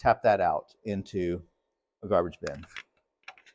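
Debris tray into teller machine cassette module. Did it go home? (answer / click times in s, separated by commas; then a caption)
yes / 3.3 s. Someone talks while the removable debris tray from the cassette module of an LTA-100 teller cash machine is handled after coins, clips and dirt are tapped out of it. The talking stops, and a few short, sharp clicks follow as the tray slides back in. It clicks into place at 3.3 s.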